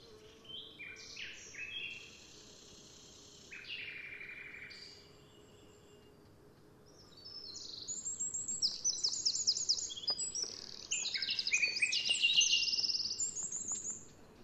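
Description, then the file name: Eurasian wren song: several bursts of high, rapid twittering and buzzy trilled phrases with pauses between, the later ones longer and louder. "Troglodytes troglodytes"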